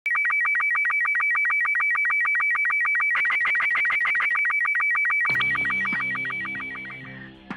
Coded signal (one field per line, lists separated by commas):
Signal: SSTV (slow-scan television)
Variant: Robot 72